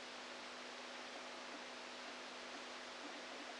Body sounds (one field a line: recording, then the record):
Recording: brain microelectrode recording played as sound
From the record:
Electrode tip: outside the subthalamic nucleus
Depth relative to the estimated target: -8 mm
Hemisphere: left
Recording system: NeuroSet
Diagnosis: Parkinson's disease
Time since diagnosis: 13 years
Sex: male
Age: 49 years